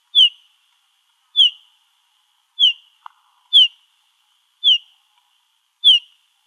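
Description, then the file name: Olive warbler giving six short, downslurred whistled call notes at roughly one-second intervals; one brief low tick is heard in the middle. Calls, recorded in Arizona. "OLWA CALLS 2 deviche"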